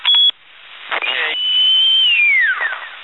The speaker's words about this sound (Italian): Chi è che fischia così?